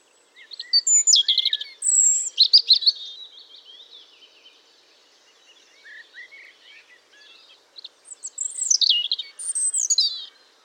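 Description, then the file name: European robin singing: high, varied phrases of thin whistles and fast trills, swooping down from high notes, in two bursts separated by a quieter, sparser stretch. "Erithacus rubecula"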